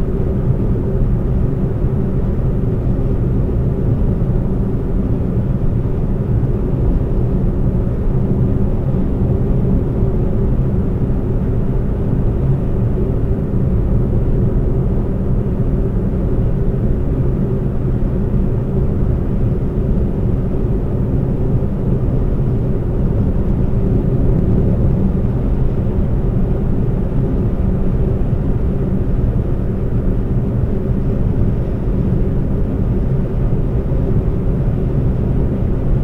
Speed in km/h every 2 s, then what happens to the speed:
126, 126, 124, 124, 124, 124, 126, 126, 126, 126, 126, 126, 126, 126, 126, 126, 126, 127.
0-36 steady at about 126.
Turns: none.